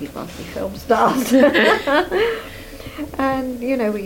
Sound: laughs

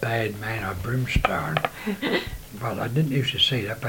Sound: laughs

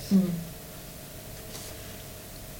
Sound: turns pages 8 seconds

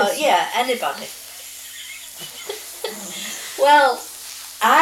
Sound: laughs

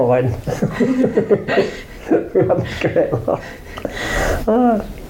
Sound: laughs

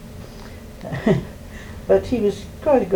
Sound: laughs

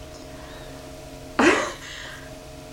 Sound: laughs

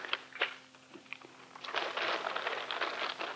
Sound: rustling 8 seconds

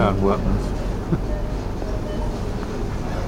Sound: laughs

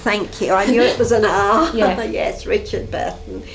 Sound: laughs

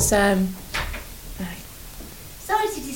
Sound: knock on door

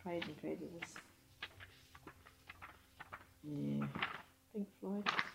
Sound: flicks through pages

